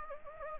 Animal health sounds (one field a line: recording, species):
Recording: mosquito wingbeat signal from an infrared sensor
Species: Anopheles gambiae